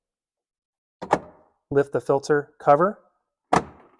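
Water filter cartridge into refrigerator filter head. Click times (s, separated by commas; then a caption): 1.0 s. A new water filter cartridge is pushed up into the filter head of a BEKO refrigerator and locks in place, giving a sharp thunk-click at 1.0 s with a second knock right after. Someone then talks, and another short thunk follows at 3.6 s. The filter is seated.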